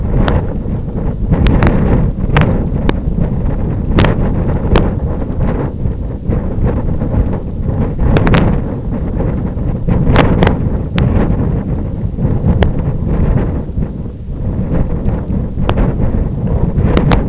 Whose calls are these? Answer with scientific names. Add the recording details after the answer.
none. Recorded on Arctic tundra, site IGLO-F, on 26 June 2018. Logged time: 08:00